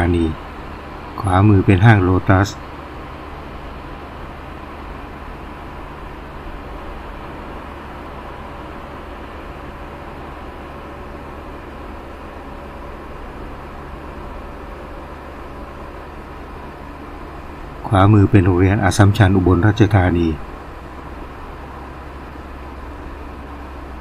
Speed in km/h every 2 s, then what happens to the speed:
51, 51, 50, 51, 51, 50, 50, 50, 50, 50, 50, 49.
0-24 steady at about 50.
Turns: none.